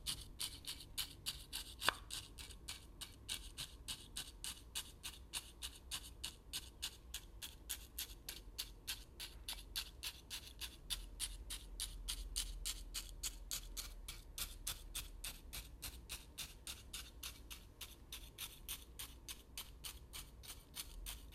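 Dry grains are stirred and stabbed in quick, steady, crisp rhythmic strokes, with one sharp click near the start and faint low rumble.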